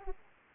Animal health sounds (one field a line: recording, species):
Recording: mosquito wingbeat signal from an infrared sensor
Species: Aedes aegypti